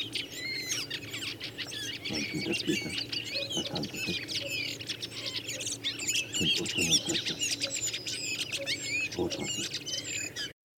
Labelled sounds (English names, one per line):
Redwing song